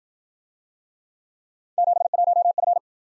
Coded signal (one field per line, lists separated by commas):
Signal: Morse code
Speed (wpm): 54 wpm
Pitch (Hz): 700 Hz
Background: none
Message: 71F